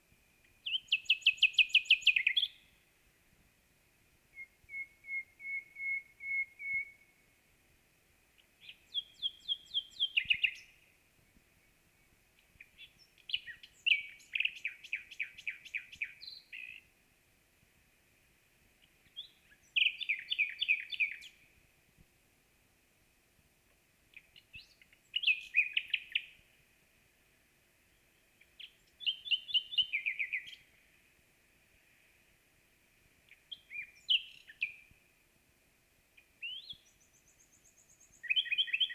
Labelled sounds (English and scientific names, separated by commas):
Common Nightingale (Luscinia megarhynchos) song